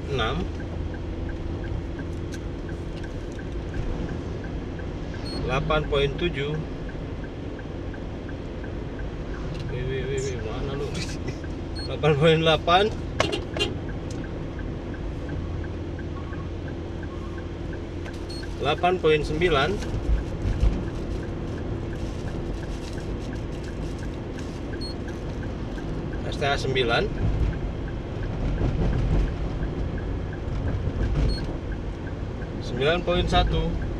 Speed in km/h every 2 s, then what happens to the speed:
55, 55, 55, 55, 55, 55, 55, 55, 55, 55, 56, 56, 56, 56, 55, 55, 54.
0-34 steady at about 55.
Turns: none.